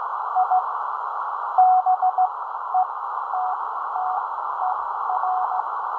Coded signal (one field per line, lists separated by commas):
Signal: Morse code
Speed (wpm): 16 wpm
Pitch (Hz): 740 Hz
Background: none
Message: I BETTER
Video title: Amateur radio contact - Morse code with captions. Ten-Tec 506 Rebel